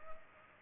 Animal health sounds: mosquito wingbeat signal from an infrared sensor; Aedes aegypti

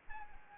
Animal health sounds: mosquito wingbeat signal from an infrared sensor; Anopheles arabiensis

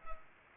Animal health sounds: mosquito wingbeat signal from an infrared sensor; Culex pipiens

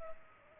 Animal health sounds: mosquito wingbeat signal from an infrared sensor; Culex pipiens

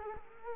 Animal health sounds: mosquito wingbeat signal from an infrared sensor; Culex quinquefasciatus

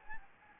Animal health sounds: mosquito wingbeat signal from an infrared sensor; Anopheles gambiae

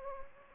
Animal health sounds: mosquito wingbeat signal from an infrared sensor; Anopheles gambiae

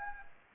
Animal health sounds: mosquito wingbeat signal from an infrared sensor; Anopheles gambiae

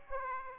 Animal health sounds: mosquito wingbeat signal from an infrared sensor; Aedes aegypti

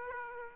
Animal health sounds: mosquito wingbeat signal from an infrared sensor; Aedes aegypti

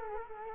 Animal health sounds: mosquito wingbeat signal from an infrared sensor; Culex quinquefasciatus

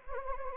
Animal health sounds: mosquito wingbeat signal from an infrared sensor; Anopheles gambiae

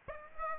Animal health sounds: mosquito wingbeat signal from an infrared sensor; Aedes aegypti

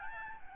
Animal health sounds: mosquito wingbeat signal from an infrared sensor; Aedes albopictus

